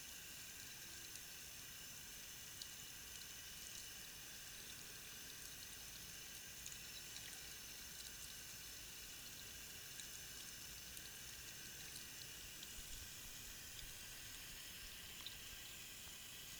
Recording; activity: daily activity, guitar pickup as the sensor; wash hands